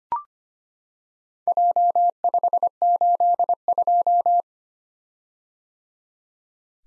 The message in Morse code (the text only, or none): J582